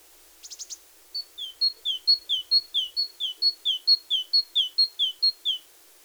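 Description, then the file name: Great tit: a few thin, very high notes, then a great tit's steady two-note song, high note followed by a lower one, repeated rhythmically. "Parus major"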